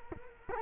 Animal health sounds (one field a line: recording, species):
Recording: mosquito wingbeat signal from an infrared sensor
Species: Culex quinquefasciatus